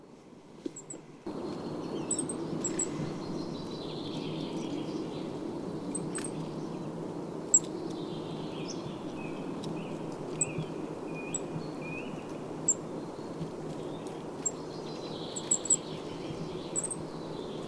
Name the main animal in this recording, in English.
Goldcrest